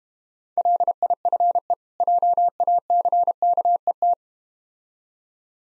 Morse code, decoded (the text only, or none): LIFE JACKET